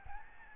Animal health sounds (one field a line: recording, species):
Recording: mosquito wingbeat signal from an infrared sensor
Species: Aedes albopictus